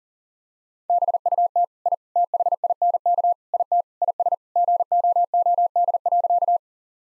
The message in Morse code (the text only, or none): BUT I THINK IT IS GOOD.